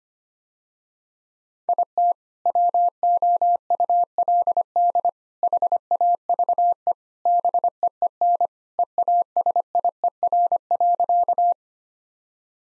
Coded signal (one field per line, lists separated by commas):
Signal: Morse code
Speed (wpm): 25 wpm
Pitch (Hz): 700 Hz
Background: none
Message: IT WOULD HAVE BEEN EASIER.